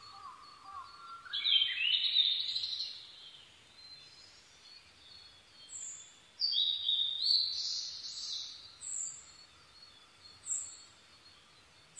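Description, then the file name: Blue-and-white flycatcher song opening with a rising whistle into a rich warble, then a second phrase and several thin, very high chips. Recorded 22 May 2011 at 04:34. "ooruri-20110522-0434"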